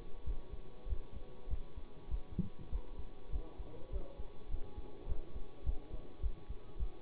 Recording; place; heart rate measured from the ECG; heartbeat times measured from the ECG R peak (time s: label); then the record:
heart sounds by stethoscope; between the tricuspid and mitral areas; 101 bpm
0.24 s: heartbeat
0.87 s: heartbeat
1.48 s: heartbeat
2.09 s: heartbeat
2.70 s: heartbeat
3.30 s: heartbeat
3.90 s: heartbeat
4.49 s: heartbeat
5.06 s: heartbeat
5.64 s: heartbeat
6.20 s: heartbeat
6.77 s: heartbeat
From the record:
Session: bicycle stress test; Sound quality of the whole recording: good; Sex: male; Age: 24 years